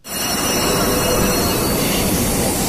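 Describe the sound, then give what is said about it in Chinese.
The Fuxing high-speed train G83 to Changsha South pulls out of platform 15 at Beijing South Station at 8:55 am, its second carriage converted to carry over 2,000 parcels; a steady, loud rumbling roar rises quickly at the start, then holds a constant, broad hiss and drone throughout. “早上8点55分，开往长沙南的高83次复兴号高铁列车从北京南站15号站台驶出。”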